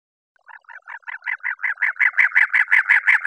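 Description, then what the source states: Cactus wren giving a harsh, rapid chattering call, a steady series of grating notes that grows louder and more forceful over about three seconds. Recorded 24 February 2001.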